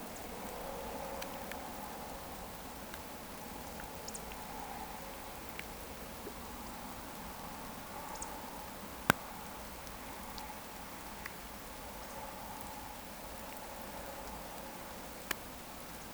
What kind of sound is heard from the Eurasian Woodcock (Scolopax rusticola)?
whistle